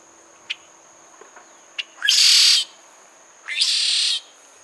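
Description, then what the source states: Red-shouldered blackbird song, two strong harsh buzzy notes starting about one and a half seconds apart, each roughly half a second long, with a few faint clicks and a steady insect hum. Song recorded at La Turba, Cuba, in April 2015.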